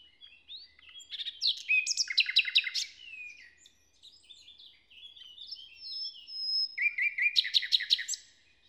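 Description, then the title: Common nightingale delivering rich, varied song: rapid trills, buzzy chirps and a long clear whistle, ending with another fast rattled phrase. Inside a forest near Hoscheid, Luxembourg; early summer morning after a wet night, sun rising through the leaves; a nightingale singing a kind of morning song. "hoscheid, forest, nightingale. Hoscheid - Waldmorgen"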